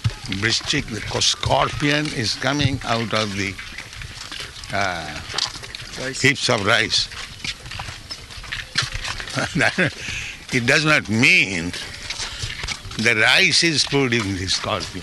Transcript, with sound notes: "Vṛścika, the scorpion, is coming out of the heaps of rice." That... [laughs] It does not mean the rice is produced the scorpion.